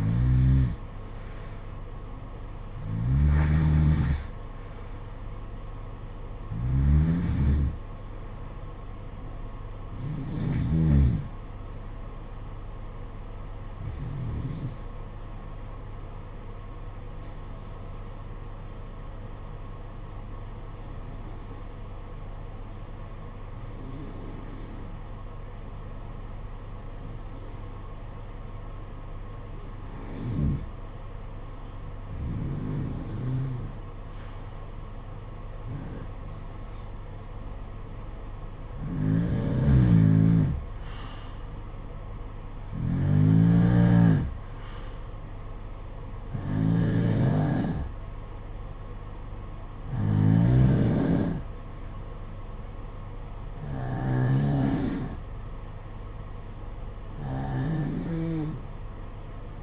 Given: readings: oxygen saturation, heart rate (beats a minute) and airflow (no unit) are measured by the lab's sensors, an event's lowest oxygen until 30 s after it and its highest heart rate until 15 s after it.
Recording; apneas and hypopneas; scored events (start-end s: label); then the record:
breathing in sleep by a smartphone at the bedside; 1
5.00-35.00 s: new sleep stage, N1 (lightest sleep)
17.00-38.60 s: hypopnea (N1, oxygen 94% highest, then 89% lowest, heart rate 54 at the start, 59 highest)
35.00-59.63 s: new sleep stage, N2 (light sleep)
From the record:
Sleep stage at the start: N2 (light sleep); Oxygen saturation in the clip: 86 to 94%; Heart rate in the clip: 52 to 59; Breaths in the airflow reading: 18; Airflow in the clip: -11.8 to 6.2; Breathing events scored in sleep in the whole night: 476 in 9.7 hours asleep